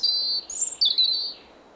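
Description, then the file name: European robin song: thin, high whistled notes sliding down, then a brief pause and a second sweet, wavering phrase fading out. "Erithacus rubecula"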